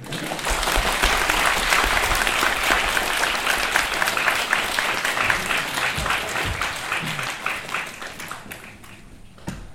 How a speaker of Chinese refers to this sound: 那么，我们以热烈的掌声对龚老师的光临表示欢迎。